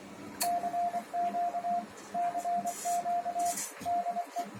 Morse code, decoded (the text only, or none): CQ CQ DE